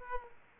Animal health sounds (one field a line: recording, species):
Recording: mosquito wingbeat signal from an infrared sensor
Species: Aedes aegypti